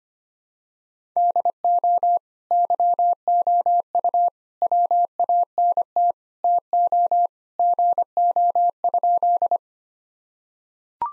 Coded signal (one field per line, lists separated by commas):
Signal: Morse code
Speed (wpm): 25 wpm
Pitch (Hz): 700 Hz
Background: none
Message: DO YOU WANT TO GO?